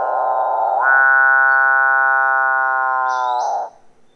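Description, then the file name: Capuchinbird call: a grating buzz swells into a long, steady, cow-like moan and ends in another rough grate, with a faint high squeak near the end. "capuchinbird calling"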